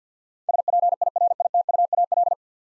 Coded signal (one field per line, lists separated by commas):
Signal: Morse code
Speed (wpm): 53 wpm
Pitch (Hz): 700 Hz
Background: none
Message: SPIRITUAL